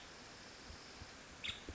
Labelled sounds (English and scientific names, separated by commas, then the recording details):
Nuttall's Woodpecker (Dryobates nuttallii)
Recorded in Sonoma County, California